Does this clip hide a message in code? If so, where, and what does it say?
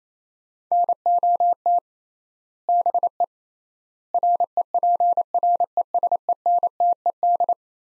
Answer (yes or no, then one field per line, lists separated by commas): yes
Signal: Morse code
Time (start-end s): 0.7-7.5 s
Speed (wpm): 28 wpm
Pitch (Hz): 700 Hz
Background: none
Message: NOT BE REPRESENTED